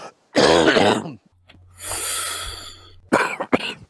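A long, harsh, voiced cough with a groaning edge is followed by a raspy, drawn-out breath in, then two short sharp coughs. This is an acted adult smoker's cough, a rough, hacking cough linked to smoking.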